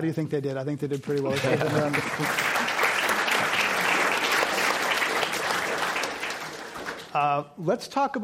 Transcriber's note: applause